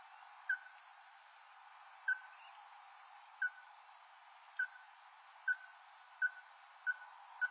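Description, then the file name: Ruddy-breasted crake calls: sharp, clipped single notes repeated at uneven intervals of roughly one second, each with a brief tail, over a quiet background. "緋秧雞〔紅胸田雞〕-Porzana-fusca"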